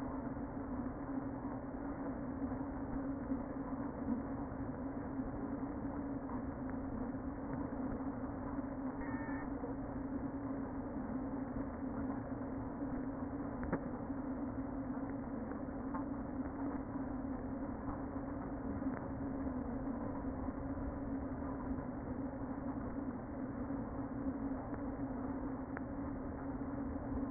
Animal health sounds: honeybee colony, microphone inside the hive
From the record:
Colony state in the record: queen present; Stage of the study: before two queens were removed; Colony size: about 60,000 bees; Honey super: yes

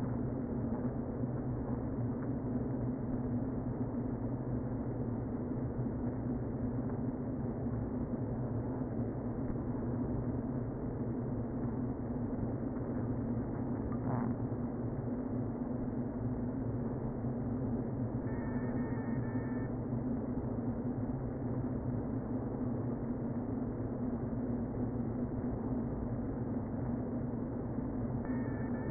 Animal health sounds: honeybee colony, microphone inside the hive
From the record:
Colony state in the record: queen present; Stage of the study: before two queens were removed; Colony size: about 60,000 bees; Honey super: yes

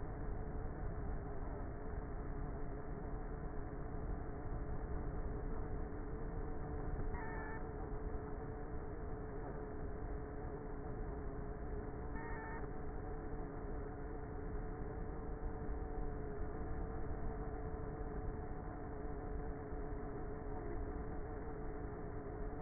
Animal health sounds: honeybee colony, microphone inside the hive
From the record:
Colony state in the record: queenless with a low population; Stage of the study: before two queens were removed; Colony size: about 30,000 bees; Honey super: no

